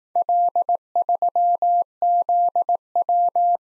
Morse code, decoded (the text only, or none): L3ZW